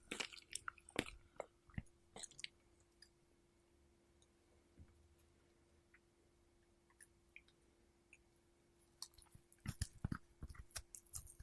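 Someone eats a strawberry in bursts of wet, crunchy chewing, with clusters of bites in the first two seconds and again from about nine seconds onward. A quieter middle stretch holds only scattered clicks and small squishes over a faint steady hum.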